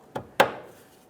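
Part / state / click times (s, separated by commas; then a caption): fuel line quick-connect coupling onto fuel pump module outlet / seated / 0.4 s. On a 1998-2011 Ford Ranger 2.3L L4, a fuel line quick-connect fitting at the rear of the fuel tank is pushed onto the fuel pump module outlet nipple. A light tap at 0.2 s is followed by a sharp, loud click at 0.4 s that rings briefly and fades. The coupling snaps home and is seated, then tugged to check it is secure.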